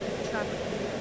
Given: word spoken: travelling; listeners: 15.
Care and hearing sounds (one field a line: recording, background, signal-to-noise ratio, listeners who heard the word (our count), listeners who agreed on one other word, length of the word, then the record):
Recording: one English word in noise, from a listening test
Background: speech-shaped noise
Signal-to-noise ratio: -6.9 dB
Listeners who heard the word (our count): 0 of 15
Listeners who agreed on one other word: 7 of 15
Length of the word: 0.61 s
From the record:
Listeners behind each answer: 7, 1, 1, 1, 1, 1, 1, 1, 1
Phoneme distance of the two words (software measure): 21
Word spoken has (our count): 3 syllables, 8 phonemes, stress on syllable 1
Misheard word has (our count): 2 syllables, 5 phonemes, stress on syllable 1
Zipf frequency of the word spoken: 4.63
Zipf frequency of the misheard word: 4.82